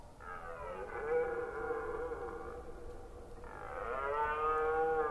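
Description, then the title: Red deer stag roaring in two long, harmonic-rich bellows, the second starting higher and then holding steady. Red deer during the rut, Forêt d'Orléans, France. "hifi soundscape lama. Red Deer Rut - Forêt d'Orleans, France"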